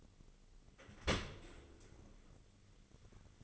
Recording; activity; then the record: daily activity, microphone in the room; open dishwasher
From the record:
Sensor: 4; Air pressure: 1003.9 hPa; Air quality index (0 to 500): 155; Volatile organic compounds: 2 ppm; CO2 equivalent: 1106 ppm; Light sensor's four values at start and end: 26/63/26/28 and 28/68/28/31